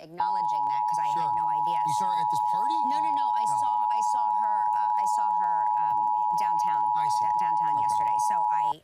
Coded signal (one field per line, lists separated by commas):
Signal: Emergency Alert System (SAME) tones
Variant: 853 and 960 Hz attention tone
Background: speech